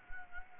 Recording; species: mosquito wingbeat signal from an infrared sensor; Anopheles gambiae